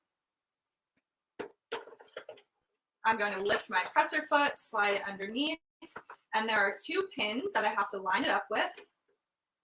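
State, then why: Not seated. An embroidery hoop is handled for loading onto an embroidery machine arm: the presser foot is lifted and the hoop is slid underneath to line up with two pins, with a few brief taps around 1.7, 2.2 and 2.3 seconds. Someone talks throughout. Nothing has seated or clicked yet; the clip ends before the hoop is pressed home onto the arm.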